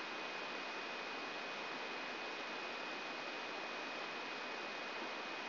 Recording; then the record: brain microelectrode recording played as sound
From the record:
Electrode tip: inside the subthalamic nucleus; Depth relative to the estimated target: 0 mm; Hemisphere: right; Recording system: AlphaMap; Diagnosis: Parkinson's disease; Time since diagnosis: 7 years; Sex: female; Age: 56 years